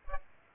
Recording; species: mosquito wingbeat signal from an infrared sensor; Aedes aegypti